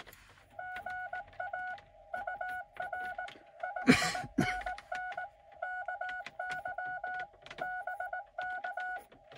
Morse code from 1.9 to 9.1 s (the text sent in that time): UR 5NN KY BK